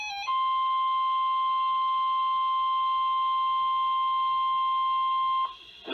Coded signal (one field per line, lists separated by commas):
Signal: Emergency Alert System (SAME) tones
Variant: 1050 Hz attention tone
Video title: EAS #1986-1997 - Snow Squall Warning Compilation on KWO35 WXL39 and KIH28 1-14-2024